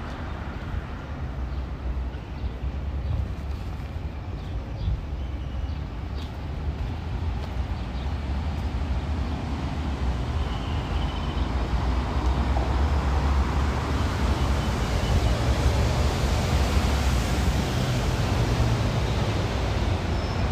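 A walk around Tel Aviv University in Ramat Aviv, carried by a steady low rumble of passing traffic. The wash of road noise thickens and brightens over the second half, with a few faint clicks and a brief thin tone early on.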